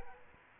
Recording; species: mosquito wingbeat signal from an infrared sensor; Aedes aegypti